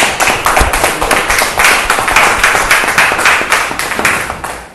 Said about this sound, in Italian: un applauso ancora.